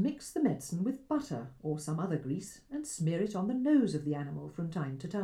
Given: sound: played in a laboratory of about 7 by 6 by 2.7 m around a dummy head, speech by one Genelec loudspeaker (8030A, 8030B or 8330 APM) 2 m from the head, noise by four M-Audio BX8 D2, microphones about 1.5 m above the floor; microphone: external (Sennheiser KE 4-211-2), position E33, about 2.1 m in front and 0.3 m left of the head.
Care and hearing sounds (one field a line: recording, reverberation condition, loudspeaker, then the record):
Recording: female speech in English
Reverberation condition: low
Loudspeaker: 30 degrees to the left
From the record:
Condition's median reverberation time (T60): about 310 ms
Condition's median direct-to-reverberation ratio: about 3.5 dB